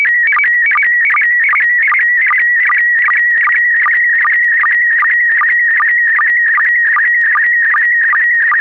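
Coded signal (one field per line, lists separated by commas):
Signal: SSTV (slow-scan television)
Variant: PD50 mode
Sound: warbling tone around 2 kHz with a steady ticking low blip about 2.5 times a second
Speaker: Tot zover het nieuws van vandaag. Volgt nu dus het iets langere grote SSTV-plaatje in kleur in de mode PD50 en daarna de mossen.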